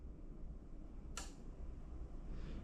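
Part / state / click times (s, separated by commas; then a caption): charging cable plug into portable power station input port / seated / 1.2 s. A charging cable plug is pushed back into the input port of a Jackery 2000 portable power station while the charge rate is being checked. Over a steady low background hum, one sharp, bright click sounds at 1.2 s, followed by a fainter, softer rustle near the end. The plug seats with that click.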